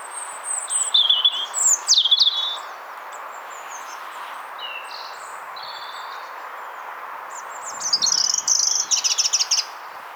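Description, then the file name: European robin song: high, thin, jumbled warbling phrases at the start and again near the end, with softer high notes in between over steady background hiss. "Erithacus rubecula"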